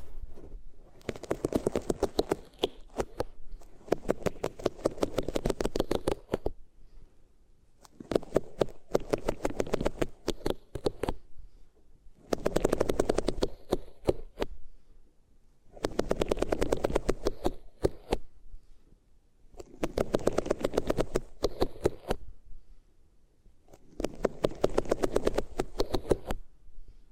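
Rubbing sounds on different materials come in regular bursts of about two seconds each, roughly every three to four seconds, with short silences between. Each burst is a dense, crackly scratching with a soft, full low body and fine bright grit.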